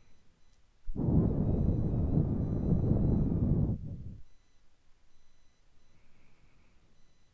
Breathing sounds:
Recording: nose breathing near a microphone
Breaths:
0.00-0.85 s: inhalation
0.85-4.93 s: exhalation
5.79-7.33 s: inhalation
From the record:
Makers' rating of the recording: medium

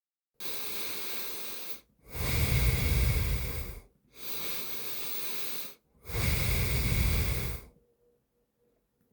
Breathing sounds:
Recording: nose breathing near a microphone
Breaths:
0.00-1.79 s: inhalation
1.79-3.84 s: exhalation
3.84-5.74 s: inhalation
5.74-7.54 s: exhalation
8.89-9.12 s: inhalation
From the record:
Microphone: phone

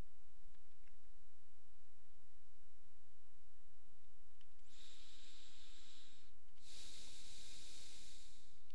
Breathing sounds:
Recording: nose breathing near a microphone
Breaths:
4.41-6.51 s: inhalation
6.51-8.56 s: exhalation
From the record:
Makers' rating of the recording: medium

